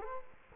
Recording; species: mosquito wingbeat signal from an infrared sensor; Culex quinquefasciatus